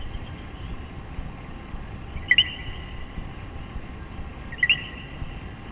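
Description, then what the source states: Common coquí producing two distinct co-qui calls, each a quick lower note rising to a sharp higher whistle, a little over two seconds apart, with soft hiss behind. Puerto Rico.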